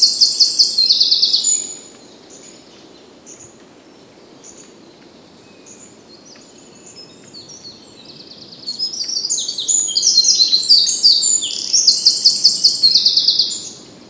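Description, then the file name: Eurasian wren song: one brisk high trilled phrase, a long quiet pause with faint notes, then a second extended burst of rapid shrill warbling and rattles. "Troglodytes troglodytes"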